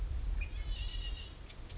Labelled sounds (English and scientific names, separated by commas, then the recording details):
Red-winged Blackbird (Agelaius phoeniceus)
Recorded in Sonoma County, California